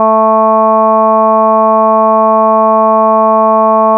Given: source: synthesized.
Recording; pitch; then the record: sustained vowel; 220 Hz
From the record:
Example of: reference voice (G1)